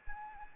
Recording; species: mosquito wingbeat signal from an infrared sensor; Anopheles arabiensis